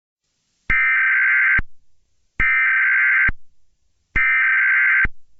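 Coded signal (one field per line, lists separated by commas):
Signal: Emergency Alert System (SAME) tones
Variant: header bursts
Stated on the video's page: Simulated EAS scenario, not a real alert.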